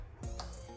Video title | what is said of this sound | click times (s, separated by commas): 2018-2025 TOYOTA CAMRY 2.5L (A25A-FXS) Troubleshoot and Service Mass Air Flow Sensor and Air Filter | Click. And there you have it. | 0.4 s